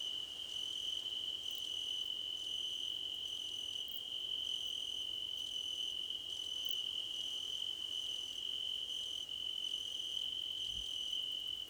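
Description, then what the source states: Cricket chorus, a continuous piercing high trill overlaid by short higher chirps repeating frequently, steady throughout. Several crickets singing together in a chorus, described as a choir competition.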